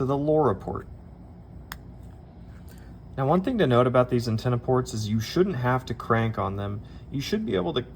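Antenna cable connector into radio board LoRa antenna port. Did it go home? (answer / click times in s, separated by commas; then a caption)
yes / 1.7 s. A small snap-on antenna cable connector is pressed onto the LoRa antenna port of a radio board, seating with a slight pop at 1.7 s that takes little pressure. Someone talks before and after the pop.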